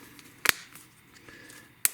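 After a new coin cell battery is placed in a 2008-2014 Dodge Charger/Challenger key fob, the two plastic halves of the fob shell, the back cover onto the fob body, are squeezed together by hand. Two sharp snaps sound at 0.5 s and 1.9 s over faint background noise as the case halves click closed and seat.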